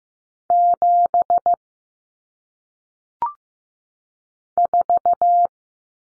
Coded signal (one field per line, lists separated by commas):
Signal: Morse code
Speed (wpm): 15 wpm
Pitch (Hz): 700 Hz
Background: none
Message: 7 4